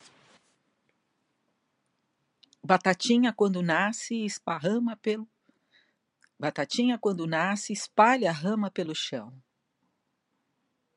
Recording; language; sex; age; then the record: short text; Brazilian Portuguese; female; 60 to 69 years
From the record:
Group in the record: control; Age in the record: 66 years